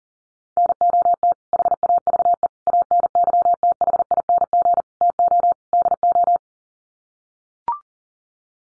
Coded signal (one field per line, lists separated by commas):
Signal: Morse code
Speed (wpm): 40 wpm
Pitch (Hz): 700 Hz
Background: none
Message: NOT HAVE ANYTHING TO DO